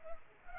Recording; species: mosquito wingbeat signal from an infrared sensor; Culex pipiens